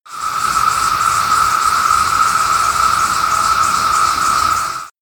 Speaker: I got some audio, so here's what a whole bunch of cicadas sound like when they're calling at once.